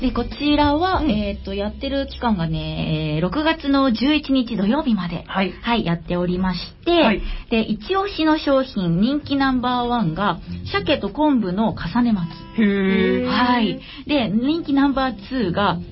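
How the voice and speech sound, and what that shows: A woman speaks Japanese fluently at a brisk, lively pace with clear, bright voicing and varied pitch, listing popular food items at a Hokkaido food fair on a radio broadcast. Another voice adds short 'hai' backchannels. Speech is ordinary, with no hoarseness, repetitions or slurring.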